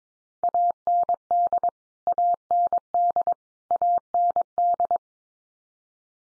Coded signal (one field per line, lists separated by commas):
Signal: Morse code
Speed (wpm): 22 wpm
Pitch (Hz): 700 Hz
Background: none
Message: AND AND AND